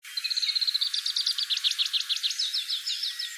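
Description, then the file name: Oriental greenfinch calls: a fast, even series of high twittering notes that turns into louder, sharper chevron-shaped notes, then slows into falling slurred notes near the end. "kawara"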